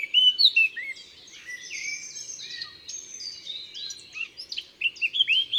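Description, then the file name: Eurasian blackcap song: a quick, varied warbling of high chattering notes, opening and closing with louder clear fluty phrases. Recorded in the Drôme, France. "Fauvette a tete noire Concerts Naturels de la Drome Studio les Trois Becs"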